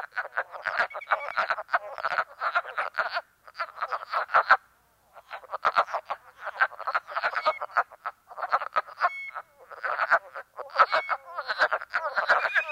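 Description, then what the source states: Wood frogs in a cackling chorus: dense bursts of rough clucks overlapping in rapid runs, broken by brief pauses. Chorus from a small woodland pool in New York State, April, at midnight; temperature plummeting, frogs' excitement muted by chilling air; a spring peeper pipes nearby; stereo recording.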